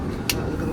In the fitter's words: So, listen for the click one.